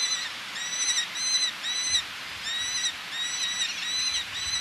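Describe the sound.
Eleonora's falcon giving a series of grating, harmonic calls with brief pauses, over a light background hiss.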